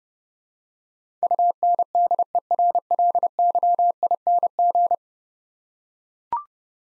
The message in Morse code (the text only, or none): UNDERLYING